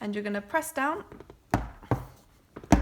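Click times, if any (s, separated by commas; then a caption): 1.5 s, 2.7 s. Someone talks, then a metal roller skate bearing, set on the skate's axle, is pressed into the plastic/urethane hub of a roller skate wheel. Sharp pops are heard at 1.5 s and 2.7 s as the bearing seats in the wheel, with smaller knocks in between. The bearing ends up seated in the wheel.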